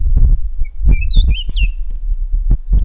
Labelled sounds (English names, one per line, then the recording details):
Red-winged Lark
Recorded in northern Uganda